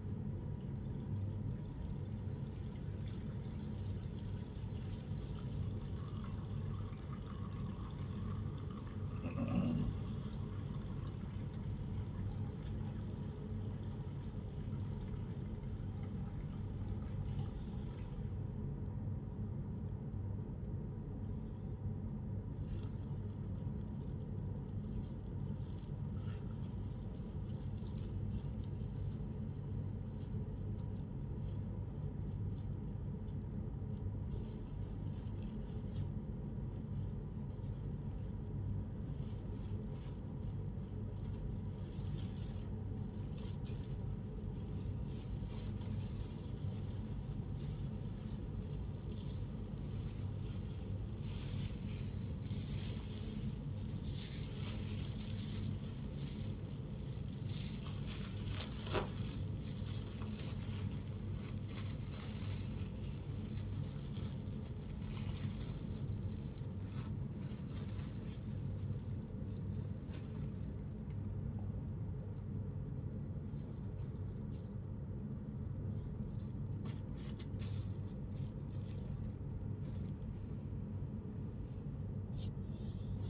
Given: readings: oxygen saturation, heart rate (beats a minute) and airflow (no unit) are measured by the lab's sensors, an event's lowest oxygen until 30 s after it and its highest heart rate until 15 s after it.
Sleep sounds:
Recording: a person awake in a sleep study, by a smartphone at the bedside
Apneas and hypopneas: none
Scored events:
0.00-83.30 s: awake
From the record:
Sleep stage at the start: awake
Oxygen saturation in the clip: 94 to 96%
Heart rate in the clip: 79 to 90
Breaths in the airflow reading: 18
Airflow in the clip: -7.4 to 8.4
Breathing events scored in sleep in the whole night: 131 in 7.2 hours asleep

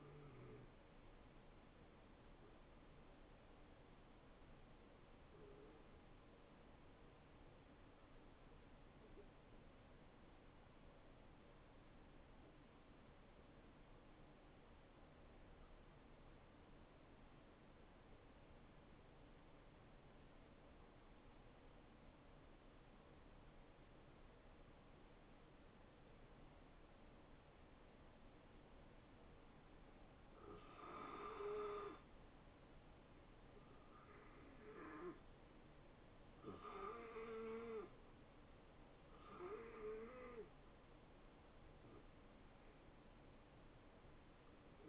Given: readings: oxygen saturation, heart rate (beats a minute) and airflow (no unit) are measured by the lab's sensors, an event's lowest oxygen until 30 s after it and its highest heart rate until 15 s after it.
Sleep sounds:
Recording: breathing in sleep by a voice recorder at the bedside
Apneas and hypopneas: 1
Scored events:
3.00-34.30 s: hypopnea (N2, oxygen 94% highest, then 90% lowest, heart rate 72 at the start, 73 highest)
4.00-44.88 s: new sleep stage, N1 (lightest sleep)
From the record:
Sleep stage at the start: N2 (light sleep)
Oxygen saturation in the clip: 88 to 94%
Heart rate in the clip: 51 to 74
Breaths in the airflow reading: 8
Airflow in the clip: -5.8 to 6.7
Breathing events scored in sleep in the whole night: 263 in 5.5 hours asleep

